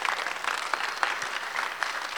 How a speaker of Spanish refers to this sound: Bravo. Fuerte el aplauso, que se escuche, por favor, ese aplauso de agradecimiento.